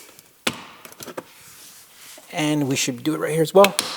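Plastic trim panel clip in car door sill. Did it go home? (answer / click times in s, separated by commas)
released / 0.5 s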